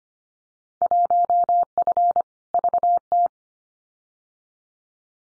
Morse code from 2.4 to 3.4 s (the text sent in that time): VT